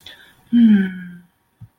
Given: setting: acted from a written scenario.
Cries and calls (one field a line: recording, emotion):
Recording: vocal sound without words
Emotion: shame